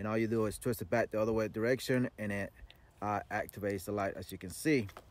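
The front safe-off bezel of a machined aluminum Streamlight TLR-7A weapon light is being twisted back from the safe-off position so the light can switch on. Someone talks throughout, and no distinct mechanical sound stands out. The bezel has not yet clicked into its detent by the end of the clip.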